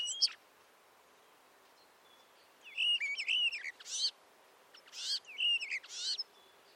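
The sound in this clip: Bird call phrases: a sharp chirp, a pause, then two similar bursts of warbled notes ending in a buzzy rasp, against quiet background hiss.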